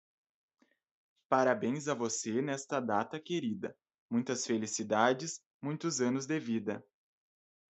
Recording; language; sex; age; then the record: short text; Brazilian Portuguese; male; 20 to 29 years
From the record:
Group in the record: control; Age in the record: 24 years